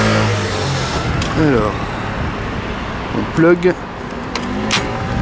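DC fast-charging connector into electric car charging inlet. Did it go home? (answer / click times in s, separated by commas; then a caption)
yes / 4.4 s, 4.7 s. A CHAdeMO DC fast-charging connector is pushed into the charging inlet of a 2018 Nissan Leaf and locks into place by itself. Someone talks over a steady background of vehicle noise. Two sharp clicks come at about 4.4 and 4.7 seconds as the connector seats.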